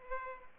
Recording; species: mosquito wingbeat signal from an infrared sensor; Culex pipiens